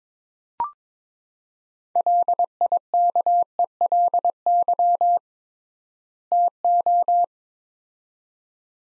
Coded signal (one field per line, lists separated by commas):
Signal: Morse code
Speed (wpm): 22 wpm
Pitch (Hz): 700 Hz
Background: none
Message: LIKELY TO